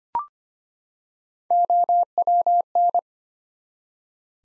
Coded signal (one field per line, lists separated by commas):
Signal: Morse code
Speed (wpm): 25 wpm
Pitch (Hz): 700 Hz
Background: none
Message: OWN